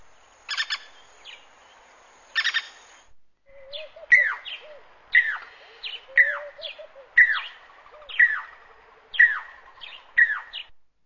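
Jacobin cuckoo calling: a few harsh bursts, then a sharp, downward-slurred whistled note repeated about once a second.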